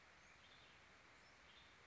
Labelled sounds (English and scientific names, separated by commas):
Western Tanager (Piranga ludoviciana)